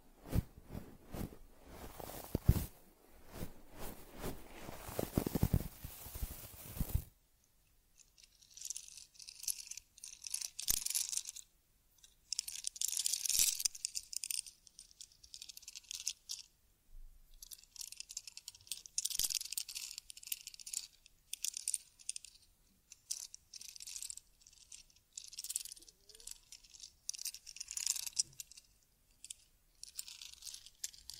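A teddy bear's fur is groomed. For the first seven seconds dense, rough scratching fills the sound. After that come lighter, hissy brushing strokes in short repeated bursts, with occasional sharp clicks or taps scattered between them.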